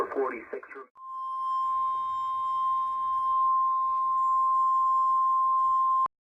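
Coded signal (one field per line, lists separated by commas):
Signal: Emergency Alert System (SAME) tones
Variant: 1050 Hz attention tone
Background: speech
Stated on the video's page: Real EAS alerts (Tornado Watches, Tornado Warning, Flood Warnings, Severe Thunderstorm Warnings) received on NOAA Weather Radio.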